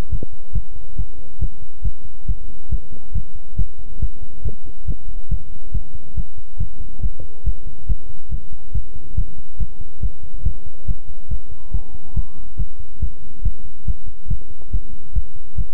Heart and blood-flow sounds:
heart sounds by stethoscope; between the tricuspid and mitral areas; 140 bpm
0.10 s: heartbeat
0.53 s: heartbeat
0.96 s: heartbeat
1.39 s: heartbeat
1.82 s: heartbeat
2.26 s: heartbeat
2.70 s: heartbeat
3.13 s: heartbeat
3.56 s: heartbeat
4.00 s: heartbeat
4.43 s: heartbeat
4.86 s: heartbeat
5.29 s: heartbeat
5.72 s: heartbeat
6.15 s: heartbeat
6.58 s: heartbeat
7.01 s: heartbeat
7.44 s: heartbeat
7.87 s: heartbeat
8.29 s: heartbeat
8.73 s: heartbeat
9.15 s: heartbeat
9.58 s: heartbeat
10.01 s: heartbeat
10.43 s: heartbeat
10.86 s: heartbeat
11.29 s: heartbeat
11.72 s: heartbeat
12.14 s: heartbeat
12.57 s: heartbeat
13.00 s: heartbeat
13.43 s: heartbeat
13.85 s: heartbeat
14.28 s: heartbeat
14.71 s: heartbeat
15.13 s: heartbeat
15.56 s: heartbeat
From the record:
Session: pedaling a stationary bicycle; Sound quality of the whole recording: good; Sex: male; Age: 24 years

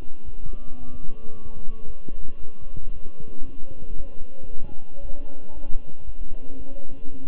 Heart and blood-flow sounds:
heart sounds by stethoscope; between the tricuspid and mitral areas; 114 bpm
0.25 s: heartbeat
0.79 s: heartbeat
1.33 s: heartbeat
1.86 s: heartbeat
2.39 s: heartbeat
2.92 s: heartbeat
3.45 s: heartbeat
3.96 s: heartbeat
4.48 s: heartbeat
5.01 s: heartbeat
5.53 s: heartbeat
6.05 s: heartbeat
6.57 s: heartbeat
7.10 s: heartbeat
From the record:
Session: walking at 3.7 km/h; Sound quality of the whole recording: good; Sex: male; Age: 23 years

